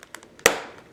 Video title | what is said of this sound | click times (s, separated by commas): How to Build a Gaming Computer PC - November 2012 | and that clicked into place that one's done | 0.5 s